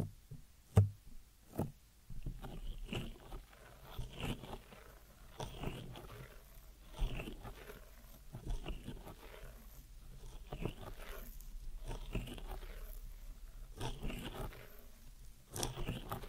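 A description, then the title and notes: Deep ear massage sounds: soft rubbing and scratchy brushing strokes that rise and fade in a slow, uneven rhythm about once a second. Occasional sharper taps stand out, the strongest near the start and end, over a steady low rumble underneath. ASMR Deep Ear Massage for Sleep(No Talking).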